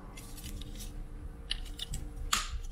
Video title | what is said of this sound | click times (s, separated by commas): How To Install Rally Road E85 Fuel Pump, Injectors, Relay Kit on E36 -- Turbo E36 Build [Ep 26] | then you take this put that in there push it all the way down to it clicks | 2.3 s